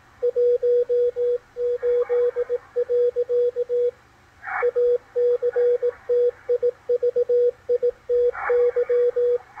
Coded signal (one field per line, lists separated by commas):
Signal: Morse code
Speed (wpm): 18 wpm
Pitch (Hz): 490 Hz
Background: radio noise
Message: 18. ACTIVITY